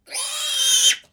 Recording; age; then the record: pig call; piglet (1 to 25 days)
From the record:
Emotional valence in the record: negative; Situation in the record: restrain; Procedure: back test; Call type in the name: high-frequency call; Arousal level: low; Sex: male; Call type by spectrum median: high-frequency call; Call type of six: high-frequency stable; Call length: 1.13 s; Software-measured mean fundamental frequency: 319 Hz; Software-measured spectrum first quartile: 3185 Hz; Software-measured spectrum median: 4857 Hz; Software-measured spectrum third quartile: 7256 Hz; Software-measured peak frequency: 3137 Hz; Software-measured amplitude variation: 135 dB a second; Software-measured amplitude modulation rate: 14.1 a second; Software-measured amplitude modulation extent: 9.6 dB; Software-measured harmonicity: 6.8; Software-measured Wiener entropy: -2.10